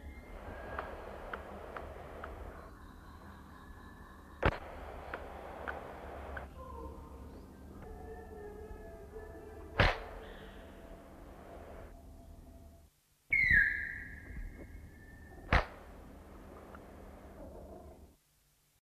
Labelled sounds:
Sunbittern (Eurypyga helias) call
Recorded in captivity
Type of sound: call
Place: Zoo Basel, CH
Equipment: Halbspur, 9,5 cm/s
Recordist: Lütgens, Hans
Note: Rufe

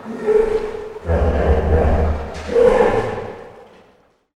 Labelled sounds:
Common Hippopotamus (Hippopotamus amphibius)
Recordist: Tembrock, Günter
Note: Stimmfühlungslaute eines Männchens

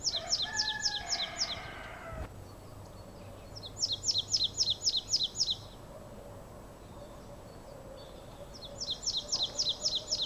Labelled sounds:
Marsh Tit (Poecile palustris)
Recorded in the wild
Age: adult
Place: Bled, SI
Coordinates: 46.37, 14.11
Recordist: Brunner, Thomas

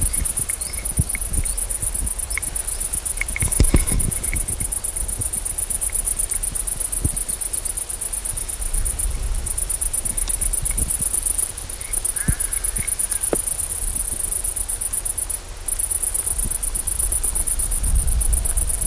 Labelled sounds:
Great Green Bush-cricket (Tettigonia viridissima) stridulation
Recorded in the wild
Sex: male
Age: imago
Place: Waldsieversdorf, Märkische Schweiz, Brandenburg, DE
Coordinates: 52.5167, 14.0333
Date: 1999-09-26 17:28
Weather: stark bewölkt, 16,7°C
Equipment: Sony WM-D6C, Sennheiser ME 80, Kopie Uher 4000 Report Monitor
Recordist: Tembrock, Günter
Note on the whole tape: Stridulation; Rotes Luch - nahe des ehemaligen Militärgebietes; stark bewölkt, 16,7°C

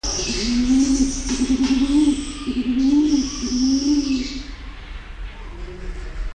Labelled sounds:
African Olive Pigeon (Columba arquatrix) call, Victoria Crowned Pigeon (Goura victoria), Purple-crested Turaco (Tauraco porphyreolophus)
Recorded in captivity
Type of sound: call
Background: Goura victoria, Tauraco porphyreolophus
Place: Zoo Berlin, Berlin, DE
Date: 1992-07-25 10:55
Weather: sunny (fair - warm and humid), 23-26°C
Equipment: Marantz CP 430, Sennheiser ME 80, Kopie Tesla B 116
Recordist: Tembrock, Günter
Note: Eine Balzfolge

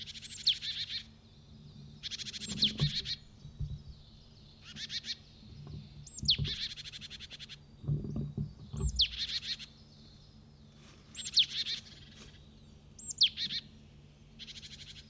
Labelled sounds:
Great Tit (Parus major) alarm call
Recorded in the wild
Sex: male
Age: adult
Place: Halle (Westfalen), OT Tatenhausen, Nordrhein-Westfalen, DE
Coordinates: 52.0439, 8.325
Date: 1972-03-25
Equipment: Uher 4200 Report Stereo, Bändchenmikro Beyer M 260, Parabolspiegel Polyester (600 mm)
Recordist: Conrads, Klaus

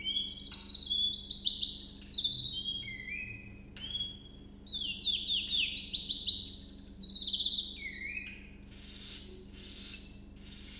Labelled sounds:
Willow Warbler (Phylloscopus trochilus)
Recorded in captivity
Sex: male
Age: adult
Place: Zoologisches Institut Universität Tübingen, Baden-Württemberg, DE
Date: 1965-05-20 06:25
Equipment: Nagra III PH, kleiner englischer Parabolspiegel, LGS26
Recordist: Schneider, Hans-Joachim
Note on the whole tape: Gesang. Männchen rechts rot/grün - links grün, geschlüpft am 20.05.1964 am Spitzberg. (von diesem Tier existieren auch Jugendaufnahmen). Aufnahme in einem separaten Raum mit kleinem englischen Parabolspiegel

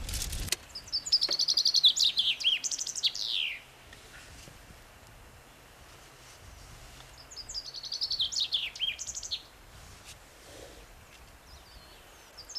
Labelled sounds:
Common Chaffinch (Fringilla coelebs) song
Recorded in the wild
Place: Oberstdorf, Bayern, DE
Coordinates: 47.4147, 10.2353
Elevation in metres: 871
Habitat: mountains
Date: 1985-04-02
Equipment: Uher 4000 Report, Sennheiser MKH 815 T
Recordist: Tretzel, Erwin

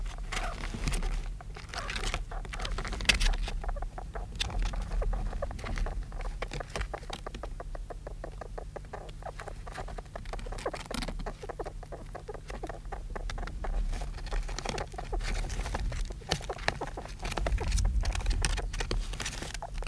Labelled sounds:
European Mole (Talpa europaea) call
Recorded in captivity
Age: juvenile
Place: Zoologisches Institut der HUB, Berlin, DE
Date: 1967-04-02
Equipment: SJ 103/2, Studioband Agfa PE 22
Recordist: Tembrock, Günter

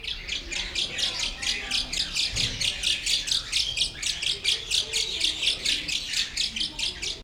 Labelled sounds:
Grosbeak Starling (Scissirostrum dubium) call
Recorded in captivity
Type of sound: call sequence
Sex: male
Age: adult
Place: Zoo Berlin, Berlin, DE
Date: 1994-09-10 11:45
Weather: bedeckt, 15°C, z.T. Regen
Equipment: Marantz CP 430, Sennheiser ME 80, Kopie Uher Variocord 263
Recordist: Tembrock, Günter
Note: Balzgesang

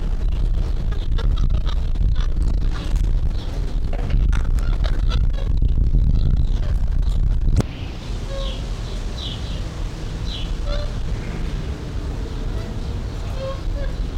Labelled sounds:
Weeper Capuchin (Cebus olivaceus)
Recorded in captivity
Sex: male
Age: adult
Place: Zoo Berlin, Berlin, DE
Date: 1994-06-25 10:21
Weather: sonnig, 18-25°C, Wind
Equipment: Marantz CP 430, Sennheiser ME 80, Kopie Uher Variocord 263
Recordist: Tembrock, Günter

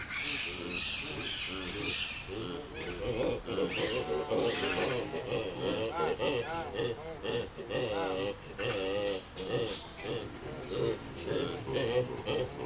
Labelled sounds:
Hamadryas Baboon (Papio hamadryas) call
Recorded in captivity
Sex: group
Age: adult
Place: Zoo Köln, Nordrhein-Westfalen, DE
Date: 2000-10-01 16:00
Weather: bedeckt, z.T. Regen, 15°C
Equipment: Nagra SN, Kopie Uher 4000 Report Monitor
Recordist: Tembrock, Günter

